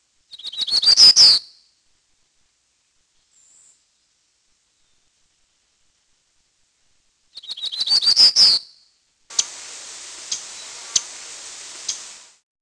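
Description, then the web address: Bird song given twice, about seven seconds apart. Each is a rapid run of high notes ending in a buzzy trill. A burst of hiss with a few clicks follows the second song. "Peterson North American Birds"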